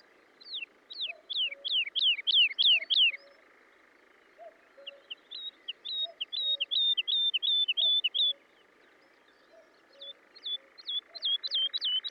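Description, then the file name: Woodlark song in three phrases: falling slurred whistles, then a rapid rolling series, then repeated looping notes; soft low double calls from another bird recur beneath. "British Library - ZHavoronok Lesnoj (Zvyki com)"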